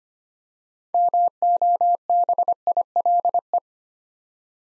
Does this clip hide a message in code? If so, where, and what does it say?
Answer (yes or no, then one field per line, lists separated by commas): yes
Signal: Morse code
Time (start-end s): 0.9-3.6 s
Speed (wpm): 25 wpm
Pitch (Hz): 700 Hz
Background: none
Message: MOBILE